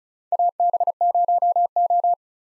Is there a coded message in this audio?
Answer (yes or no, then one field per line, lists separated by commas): yes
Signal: Morse code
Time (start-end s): 0.3-2.1 s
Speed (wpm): 36 wpm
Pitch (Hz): 700 Hz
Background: none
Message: AB0O